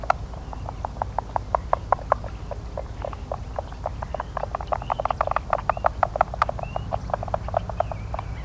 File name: Oregon Spotted Frog-Gary Nafis